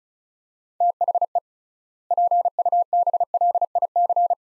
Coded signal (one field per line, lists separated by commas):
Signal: Morse code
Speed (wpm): 34 wpm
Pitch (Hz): 700 Hz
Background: none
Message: THE PUBLIC